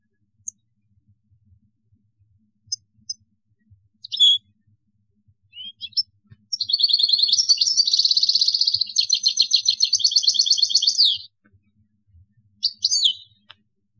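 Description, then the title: European goldfinch song: a few scattered tinkling notes, then a long fast twittering and jangling phrase lasting about five seconds, ending with a couple of short notes. "Chant Chardonneret"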